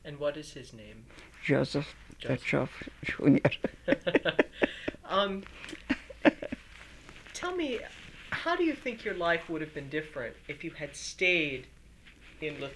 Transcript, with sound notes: And what his name?
Joseph Tkacheff, Junior. [Laughs]
Tell me, how do you think your life would have been different if you had stayed in Lithuania?